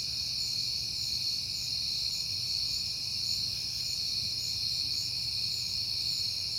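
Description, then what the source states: Many crickets trilling together in an unbroken shrill chorus, with a soft low hum beneath it. Recorded on a peaceful night in September.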